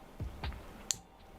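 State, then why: Seated. A small mounting piece of a Twelve South BackPack shelf for an iMac is lined up with matching grooves on the back and pushed in. Low thumps come at about 0.2 s and 0.4 s, then a sharp, bright snap at 0.9 s as the piece seats in the grooves.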